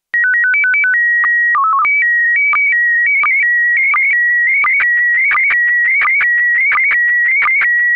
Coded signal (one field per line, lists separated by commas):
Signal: SSTV (slow-scan television)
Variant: PD 90